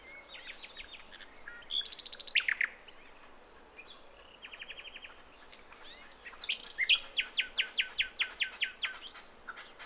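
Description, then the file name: Common nightingale song mixing a short buzzy burst, a soft fast trill, then a long series of loud, evenly spaced sharp notes. "Luscinia megarhynchos"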